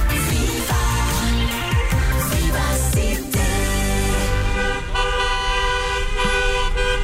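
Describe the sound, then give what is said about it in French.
Loud, overlapping car horns honk continuously in heavy traffic, several pitches blaring at once with a low engine rumble underneath and no talking. “Ah ça, si on pouvait ne plus l'entendre, ce serait bien quand même, tous ces coups de klaxon.”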